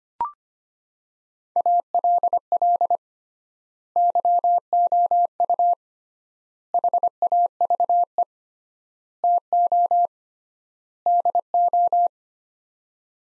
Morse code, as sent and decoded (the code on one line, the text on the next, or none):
.- .-.. .-.. / -.-- --- ..- / .... .- ...- . / - --- / -.. ---
ALL YOU HAVE TO DO